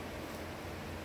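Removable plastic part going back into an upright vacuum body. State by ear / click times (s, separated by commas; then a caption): not seated / none. A removable plastic part is being turned as it goes back into the body of a Kenmore Progressive bagless upright vacuum. Only a steady, broadband hiss-like noise with faint low rumble is heard, with no sharp transients. Nothing has seated or clicked yet.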